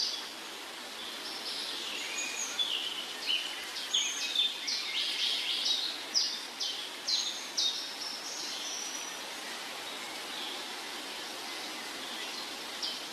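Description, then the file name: Birds singing: a run of short high repeated notes in the middle, with other faint whistles before and after, over constant background hiss. Morning bird trills and songs. "Sons d oiseaux - Trilles et chants du matin"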